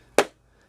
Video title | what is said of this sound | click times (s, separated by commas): SWATCHING TOO FACED & ZOEVA EYESHADOW PALETTES - Opinionated Horsewoman | mean you can hear it snap it's | 0.2 s